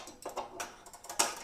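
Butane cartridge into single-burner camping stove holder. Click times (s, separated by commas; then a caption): 1.2 s. A butane gas cartridge is fitted pin end first into the holder of a Companion single-burner butane camping stove and sat in. Several light knocks and scrapes come before a loud, sharp click at 1.2 seconds as the cartridge seats in place.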